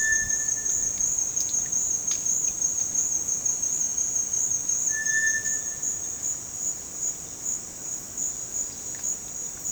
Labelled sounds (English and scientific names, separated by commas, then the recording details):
Cinereous Tinamou (Crypturellus cinereus)
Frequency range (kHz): Cinereous Tinamou (Crypturellus cinereus) 1.2-2.7 kHz
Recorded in dense forest near Puerto Asís, Putumayo, Colombia, on 9 March 2025 at 17:00
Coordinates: 0.486, -76.317
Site G053